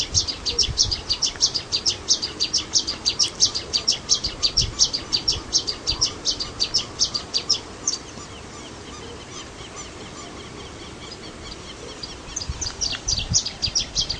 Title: LuckyPassaro Completos2Sama. Long-tailed Reed Finch (Donacospiza albifrons)